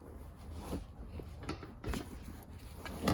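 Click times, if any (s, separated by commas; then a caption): none. An Eddie Bauer car seat's latch connector is pushed onto the lower anchor bar in a Toyota car and then pulled to test it. Only scattered short knocks and plastic rattles are heard, the loudest near 1.5, 1.9, 2.9 and 3.1 seconds. The connector has not clicked or latched onto the anchor yet.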